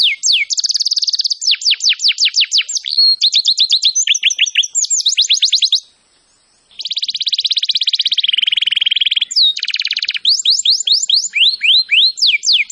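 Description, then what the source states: Canary song: rapid trills of steep downward-sweeping whistles alternating with dense buzzy rolls, a brief pause near the middle, then more fast sweeping phrases. Song described as gacor, meaning vigorous, continuous singing.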